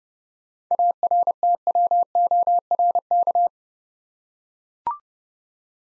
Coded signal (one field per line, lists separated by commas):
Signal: Morse code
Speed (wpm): 30 wpm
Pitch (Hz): 700 Hz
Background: none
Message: ARTWORK